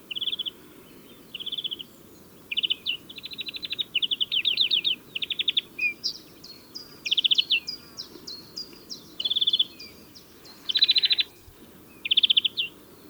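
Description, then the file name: European greenfinch in a long run of short buzzy trills and sharp chirps, delivered in bursts separated by brief pauses. "Chloris chloris"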